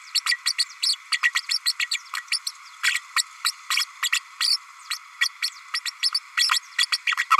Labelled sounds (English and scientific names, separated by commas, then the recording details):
Green-rumped Parrotlet (Forpus passerinus) babbling
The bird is a female
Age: 32 days
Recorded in a nest box in Venezuela
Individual 17B32A5